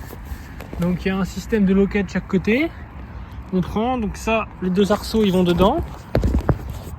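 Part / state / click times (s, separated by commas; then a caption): bike pannier bag onto rear rack / seated / 6.1 s, 6.5 s. A waterproof 22 L bike pannier is lowered onto a rear rack so its two hooks go into the rack's rails. Someone talks, then sharp clicks at 6.2 s and 6.5 s mark the latch clipping in place. The bag ends up fixed on the rack.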